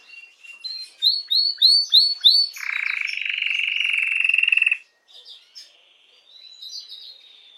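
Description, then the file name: Canary (Belgian mosaic): canary singing a series of separate rising chirps, then a long steady buzzy trill, a brief pause and softer high twitters. "canto do canario belga mosaico"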